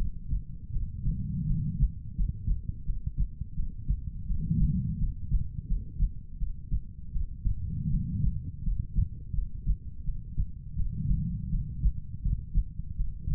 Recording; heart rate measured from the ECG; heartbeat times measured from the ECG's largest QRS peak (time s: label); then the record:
heart sounds by stethoscope; 83 bpm
0.71 s: heartbeat
1.45 s: heartbeat
2.15 s: heartbeat
2.84 s: heartbeat
3.54 s: heartbeat
4.26 s: heartbeat
4.98 s: heartbeat
5.66 s: heartbeat
6.37 s: heartbeat
7.11 s: heartbeat
7.89 s: heartbeat
8.63 s: heartbeat
9.33 s: heartbeat
10.03 s: heartbeat
10.75 s: heartbeat
11.49 s: heartbeat
12.21 s: heartbeat
12.95 s: heartbeat
From the record:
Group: healthy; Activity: cold pressor test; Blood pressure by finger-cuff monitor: 118/69 mmHg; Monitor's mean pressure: 86 mmHg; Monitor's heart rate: 83 bpm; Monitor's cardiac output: 7.3 L/min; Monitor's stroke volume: 88 mL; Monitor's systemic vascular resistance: 850 dyn s/cm5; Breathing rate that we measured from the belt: 18 breaths a minute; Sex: female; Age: 23 years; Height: 160 cm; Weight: 50.4 kg